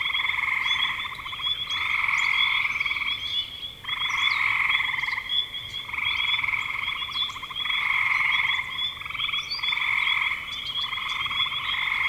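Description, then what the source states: Chorus of frogs giving rapid pulsed trills in uneven bursts separated by short gaps, over a constant thin high-pitched hum. Recorded in spring 2025.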